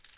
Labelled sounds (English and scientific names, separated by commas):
Black-throated Green Warbler (Setophaga virens) flight call